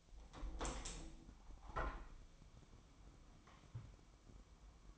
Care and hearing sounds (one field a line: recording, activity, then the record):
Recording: daily activity, microphone in the room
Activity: open window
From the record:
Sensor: 1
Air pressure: 1006.6 hPa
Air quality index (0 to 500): 209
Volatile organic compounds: 24 ppm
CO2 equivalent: 2808 ppm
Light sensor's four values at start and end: 12/30/12/13 and 13/32/13/14